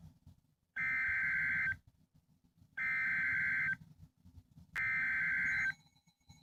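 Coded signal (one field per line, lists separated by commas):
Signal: Emergency Alert System (SAME) tones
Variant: header bursts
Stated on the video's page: Severe thunderstorm warning received on a WR120 weather radio.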